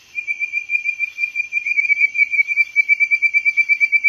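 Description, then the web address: Bird-voiced treefrog giving a continuous series of quick, bird-like whistled pulses, steady throughout. North America. "Songs of Frogs Toads of North America. Bird-voiced Treefrog"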